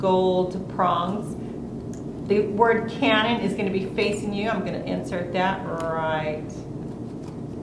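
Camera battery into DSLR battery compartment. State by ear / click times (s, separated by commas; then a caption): not seated / none. A rechargeable camera battery is handled at a DSLR's battery compartment, gold contacts first with the Canon label facing the viewer, while someone talks. The clip ends before the battery goes in, so nothing has seated or clicked yet.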